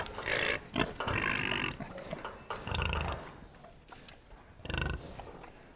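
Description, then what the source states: Pig grunts from several animals, rough overlapping snorts and grunting bursts in irregular succession. A herd of pigs.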